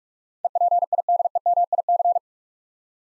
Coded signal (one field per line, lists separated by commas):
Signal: Morse code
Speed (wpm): 46 wpm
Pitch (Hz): 700 Hz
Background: none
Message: EPIDEMIC